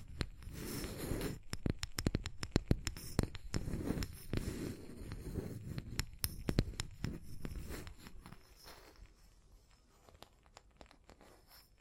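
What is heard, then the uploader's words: Tapping and scratching: sharp clicks and taps arrive irregularly and often clustered, over a rough, papery scratching that crinkles and crunches. The busiest, loudest stretch runs through the first eight seconds, then the sounds thin out and grow quieter toward the end. Tapping and Scratching (No Talking).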